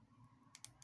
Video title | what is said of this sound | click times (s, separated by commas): Xiaomi Redmi Note 8 Batarya Değişimi / Xiaomi Redmi Note 8 Battery Replace | Evet, yerine oturdu. | 0.6 s